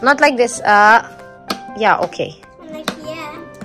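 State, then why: Seated. A child closes a gift carrying case and locks its latch the same way it was opened, while someone talks. A sharp, loud click at 2.9 s marks the latch snapping shut. The case is locked, latching easily, and can now be lifted.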